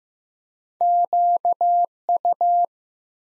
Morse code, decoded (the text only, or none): QU